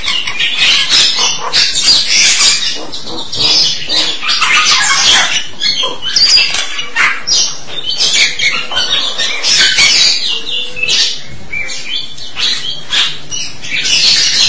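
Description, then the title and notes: Starling chattering continuously in dense, grating, high-pitched bursts that run together almost without pause. "suara burung jalak"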